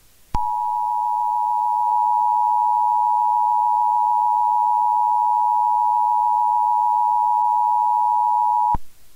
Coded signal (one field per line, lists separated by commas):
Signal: Emergency Alert System (SAME) tones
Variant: 853 and 960 Hz attention tone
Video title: Hand of God - an EAS scenario short